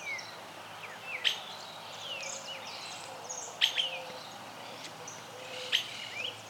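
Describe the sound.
Streaked flycatcher uttering three sharp, squeaky high calls spaced about two seconds apart, while other birds twitter and whistle behind it.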